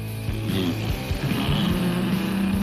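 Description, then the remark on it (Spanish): A motorcycle engine roars and pulls away, its low, throaty rumble wavering up and down in pitch as it revs. The sound stays loud and steady throughout, with no voices. “¡Súbete a mi moto!”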